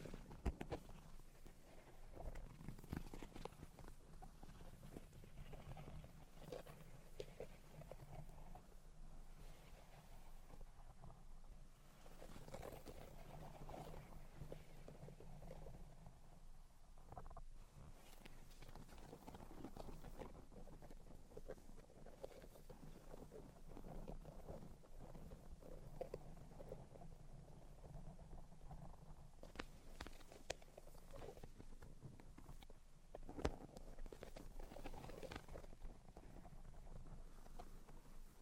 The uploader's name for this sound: Tapping, Scratching, and Tracing Sounds